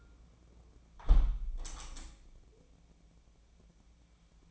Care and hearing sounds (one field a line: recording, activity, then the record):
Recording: daily activity, microphone in the room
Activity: close window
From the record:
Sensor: 1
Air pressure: 1012.4 hPa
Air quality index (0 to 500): 169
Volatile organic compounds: 3 ppm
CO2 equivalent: 1376 ppm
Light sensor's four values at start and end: 234/537/237/262 and 235/538/239/262